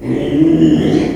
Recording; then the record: squeal of a Yucatan mini pig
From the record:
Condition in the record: after surgery on the right vocal fold (resection and tissue-engineered implant); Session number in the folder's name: 2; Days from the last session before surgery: 13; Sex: male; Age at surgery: 12 weeks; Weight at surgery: 13 kg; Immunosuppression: cyclosporine, prednisolone